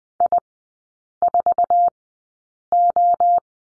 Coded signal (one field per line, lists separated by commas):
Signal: Morse code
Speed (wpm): 20 wpm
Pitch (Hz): 700 Hz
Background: none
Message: I4O